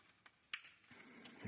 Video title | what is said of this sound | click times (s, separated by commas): Cascadia code SPN 3464. Intake manifold pressure high or low. How to fix diy. | Oh, you heard that snap when I pushed it back in. | 0.5 s